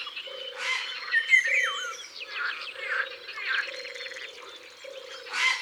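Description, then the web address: Eurasian golden oriole song, mellow whistled phrases among busy chattering of other birds, with a low pulsing tone throughout. "Loriot-d Europe. abc de la nature"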